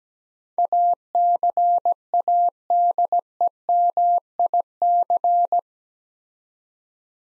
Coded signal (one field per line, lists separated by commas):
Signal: Morse code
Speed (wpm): 17 wpm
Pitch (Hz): 700 Hz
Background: none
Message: ACADEMIC